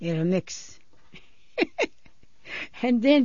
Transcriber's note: she laughs